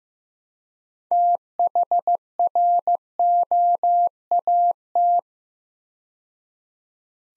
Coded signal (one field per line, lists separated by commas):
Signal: Morse code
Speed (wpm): 15 wpm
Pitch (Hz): 700 Hz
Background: none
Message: THROAT